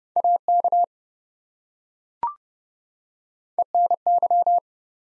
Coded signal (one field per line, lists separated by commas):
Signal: Morse code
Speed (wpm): 28 wpm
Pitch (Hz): 700 Hz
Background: none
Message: AK ENY